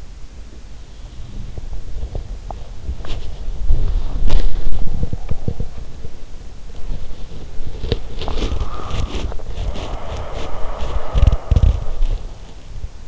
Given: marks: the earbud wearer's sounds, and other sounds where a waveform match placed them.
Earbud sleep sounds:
sounds in sleep by an in-ear microphone; body movement, breath
1.02-13.08 s: body movement
8.24-12.28 s: breath

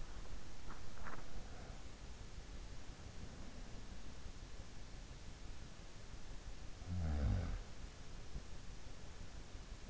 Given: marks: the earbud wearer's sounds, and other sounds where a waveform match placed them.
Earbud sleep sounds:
sounds in sleep by an in-ear microphone; teeth grinding
0.00-2.20 s: teeth grinding
5.97-8.54 s: sound from someone else or the room

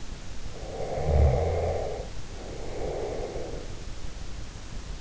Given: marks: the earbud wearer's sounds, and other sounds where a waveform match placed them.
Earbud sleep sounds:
sounds in sleep by an in-ear microphone; snoring breath
0.51-3.74 s: snoring breath

